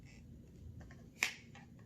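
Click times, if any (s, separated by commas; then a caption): 1.2 s. A plastic quick-release plate is fitted into a tripod head, with a few faint handling taps before a single sharp, bright snap at 1.2 s. The plate clicks into place and is seated.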